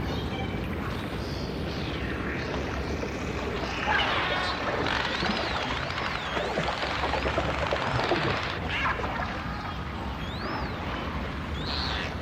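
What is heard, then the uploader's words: Dolphin whistles rise and fall in high, wavering sweeps, clustering around the middle of the clip and returning once near the end. Beneath them runs a dense, steady underwater rumble with scattered crackling clicks, fairly constant in level throughout. Dolphins & Whales sounds.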